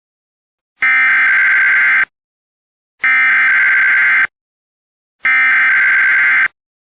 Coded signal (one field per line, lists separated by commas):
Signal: Emergency Alert System (SAME) tones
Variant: header bursts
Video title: EAS Recreation: Winter Storm Warning